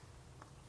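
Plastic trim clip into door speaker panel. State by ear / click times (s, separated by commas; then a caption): seated / 0.4 s. A plastic trim clip that stayed in the car when the door speaker panel came off is pressed into the panel as it is reinstalled on a 1999–2006 BMW E46 3 Series Coupe/Cabrio during a BAVSOUND Stage One speaker upgrade. Over a steady low hum, a single short, crisp snap sounds at 0.4 s, and the clip seats into place.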